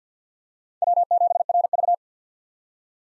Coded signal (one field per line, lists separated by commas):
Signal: Morse code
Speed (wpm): 50 wpm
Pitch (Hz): 700 Hz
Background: none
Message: W7RV